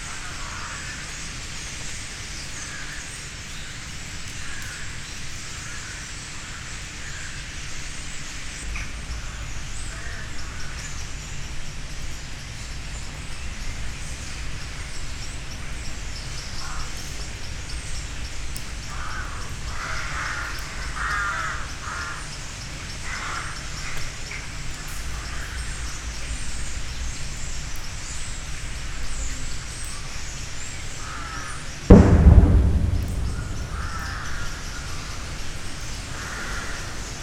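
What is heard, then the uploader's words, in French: Starlings chatter in a dense, continuous mass of squeaks and whistles, steady throughout. A low rumble sits underneath the whole time, and a sudden loud thump or knock breaks in near the 32-second mark. Etourneaux.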